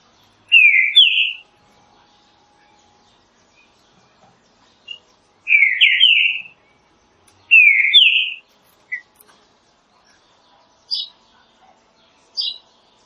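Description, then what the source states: Green-winged saltator repeating short whistled phrases of slurred notes, three times, followed by a few faint high notes. Classic song style used for training.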